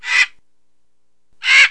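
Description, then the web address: Bird calling, two harsh, raspy caw-like notes separated by about a second of silence. "特酷声音素材库 动物 鸟 Bird"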